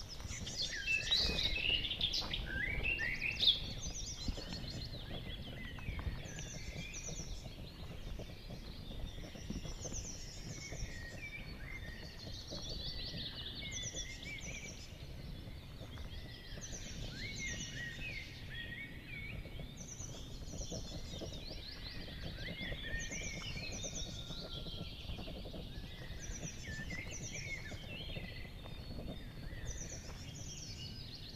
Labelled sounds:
Barred Warbler song
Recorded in the wild
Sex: male
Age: adult
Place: Schönow, Naturpark Barnim, Brandenburg, DE
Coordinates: 52.6961, 13.5039
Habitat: decidous forest
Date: 2013-05-20
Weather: cloudy, weak wind, 15°C
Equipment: Sound Devices 702, Sennheiser MKH 70, Rycote Windschutz
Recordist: Frommolt, Karl-Heinz

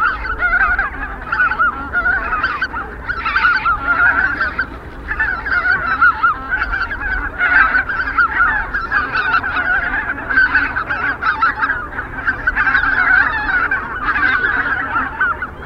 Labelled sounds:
Greater White-fronted Goose call
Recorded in the wild
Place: Zingst, Insel Kirr, Mecklenburg-Vorpommern, DE
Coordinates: 54.418, 12.714
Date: 1979-10-18 19:50
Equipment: Nagra III BH, Sennheiser MD 21, parabola
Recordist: Schubert, Michael
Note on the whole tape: Blässgänse am Schlafplatz, Mondschein

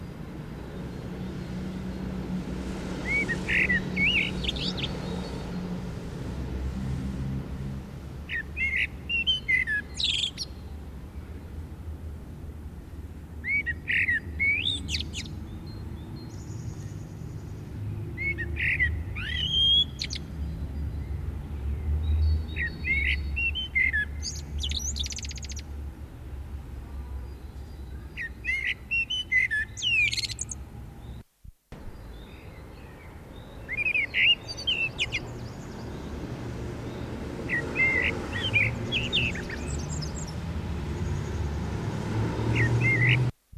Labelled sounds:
Common Blackbird song
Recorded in the wild
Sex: male
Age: adult
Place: Garmisch-Partenkirchen, Bayern, DE
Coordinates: 47.4961, 11.1042
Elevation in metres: 705
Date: 1967
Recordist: Tretzel, Erwin

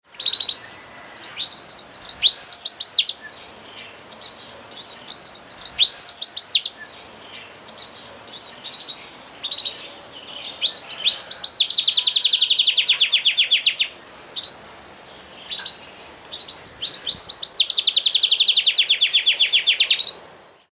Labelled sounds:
Long-tailed Rosefinch
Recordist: Tembrock, Günter
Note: Gesang

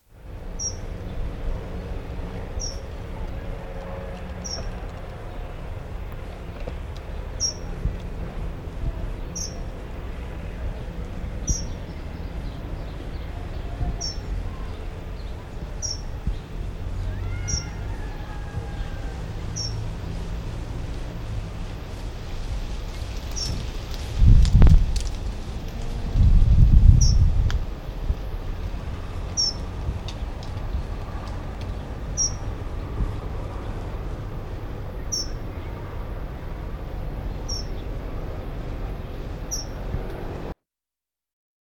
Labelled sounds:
Dunnock call
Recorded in the wild
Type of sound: call
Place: Bergen, Gartenstraße, Mecklenburg-Vorpommern, DE
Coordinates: 54.41, 13.43
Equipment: NAGRA III BH, Sennheiser MD21 mit Reflektor (d=75 cm, Glasfiber) und Stativ
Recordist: Schubert, Michael
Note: Locken Heckenbraunelle

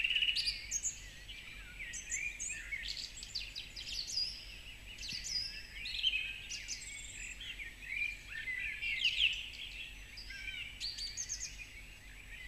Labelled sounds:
Song Thrush song
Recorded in the wild
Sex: male
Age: adult
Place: Marburg, Hessen, DE
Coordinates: 50.8089, 8.76861
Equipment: Uher 4100 Report-V, Sennheiser MKH 804
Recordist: Brunner, Thomas

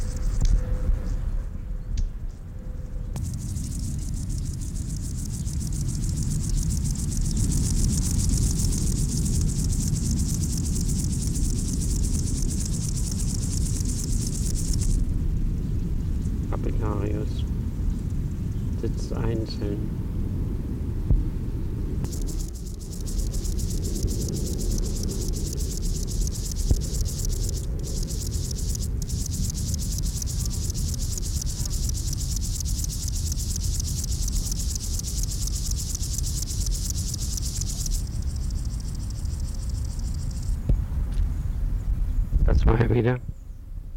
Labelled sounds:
Upland Field Grasshopper stridulation
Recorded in the wild
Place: Blankenfelde, Berlin, DE
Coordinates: 52.625, 13.404
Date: 1992-08-09
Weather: sonnig, 26-29°C
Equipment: Marantz CP 430, Sennheiser ME 80, Kopie Tesla B 116
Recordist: Tembrock, Günter

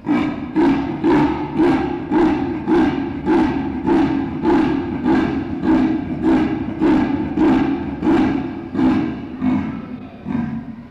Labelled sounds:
Leopard call
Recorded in captivity
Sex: female
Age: adult
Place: Tierpark Berlin, Berlin, DE
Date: 1965-01-31 13:00
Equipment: Telefunken Magnetophon 300, Sennheiser MD 421, Transistorverstärker 2
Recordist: Tembrock, Günter

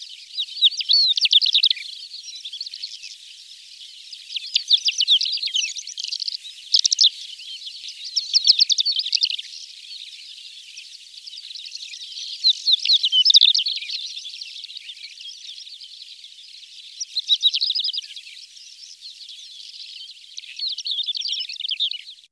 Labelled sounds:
Greater Short-toed Lark song
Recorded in the wild
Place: Kalmückensteppe bei Senseli, RU
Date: 2006-05-18
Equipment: MiniDisc Sharp MT 20 H
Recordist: Schwarz, Dieter

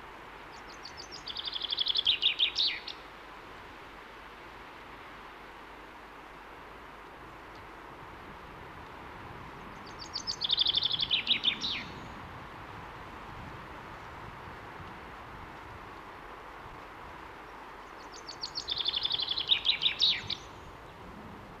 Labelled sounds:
Common Chaffinch
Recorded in the wild
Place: Kaiserslautern, Rheinland-Pfalz, DE
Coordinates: 49.4358, 7.8376
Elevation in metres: 292
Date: 1977-03-15
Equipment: Nagra IV, Sennheiser MKH 405, Parabolreflektor
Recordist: Tretzel, Erwin

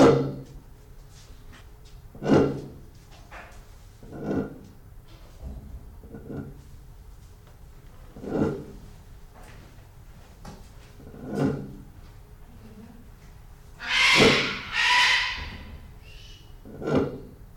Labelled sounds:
Kori Bustard call
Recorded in captivity
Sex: female
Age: adult
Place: Tiergarten Nürnberg, Bayern, DE
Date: 1995-09-08
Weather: sonnig, ca. 11°C
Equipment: Nagra SN, Sennheiser ME 80, Kopie Uher 4000 Report Monitor
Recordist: Tembrock, Günter

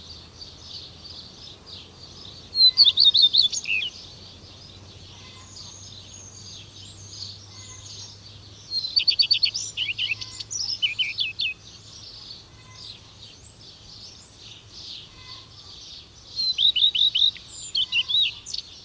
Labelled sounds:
Common Redstart song
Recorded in the wild
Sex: male
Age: adult
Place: Schloß Holte-Stukenbrock, Senne, Nordrhein-Westfalen, DE
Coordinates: 51.8667, 8.66667
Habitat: farm
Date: 1973-05-27
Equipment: Uher 4200 Report Stereo, Bändchenmikro Beyer M 260, Parabolspiegel Polyester (600 mm)
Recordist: Conrads, Klaus
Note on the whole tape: Hof Stockhausen (Furlbach-Gebiet). Männchen: Imitationen in folgender Reihenfolge: Ortolan, Fitis, Schwarzspecht, Fitis, Buchfink ("pink"), Ortolan, Schwanzmeise ("zrr"), Schwarzspecht ("kliüh"), Buchfink ("pink") und Ortolan

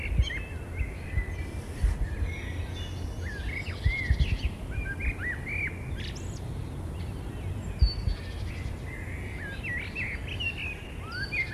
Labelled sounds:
Common Blackbird song
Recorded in the wild
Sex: male
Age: adult
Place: Gosener Berge, Berlin, DE
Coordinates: 52.3842, 13.6947
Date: 1990-04-13 18:42
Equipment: Riporter 6 RG-K, Halbspur, Sennheiser MKH 416 T
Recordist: Frommolt, Karl-Heinz

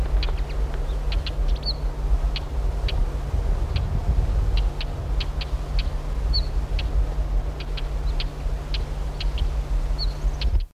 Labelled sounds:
Northern Wheatear alarm call
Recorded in the wild
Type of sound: alarm call
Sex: female
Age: adult
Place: Stuckenborstel (Sottrum), Niedersachsen, DE
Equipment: Halbspur, 9,5 cm/s
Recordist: Lütgens, Hans
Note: Weibchen warnt

